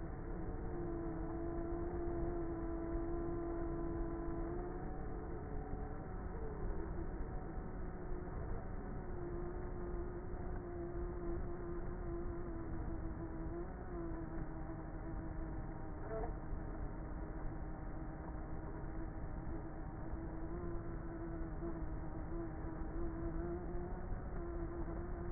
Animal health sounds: honeybee colony, microphone inside the hive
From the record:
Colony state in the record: queenless with a low population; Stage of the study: before two queens were removed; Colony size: about 30,000 bees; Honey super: no

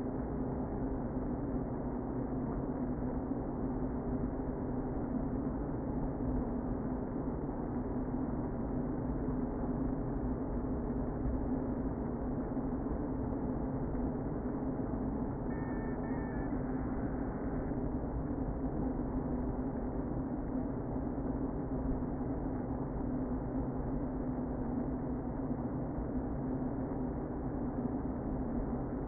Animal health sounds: honeybee colony, microphone inside the hive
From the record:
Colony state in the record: queen present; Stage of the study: before two queens were removed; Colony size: about 60,000 bees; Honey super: yes

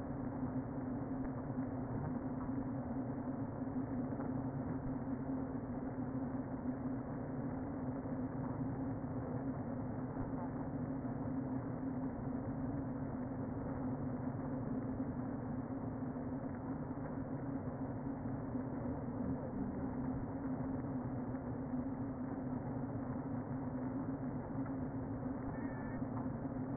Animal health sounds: honeybee colony, microphone inside the hive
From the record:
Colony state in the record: queen present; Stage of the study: before two queens were removed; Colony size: about 60,000 bees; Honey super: yes

